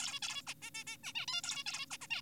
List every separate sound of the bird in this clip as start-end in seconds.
0.00-0.20, 0.23-0.42, 0.47-0.54, 0.62-0.70, 0.74-0.84, 0.87-0.97, 1.04-1.13, 1.15-1.26, 1.28-1.42, 1.44-1.64, 1.66-1.86, 1.91-1.98, 2.01-2.07, 2.10-2.22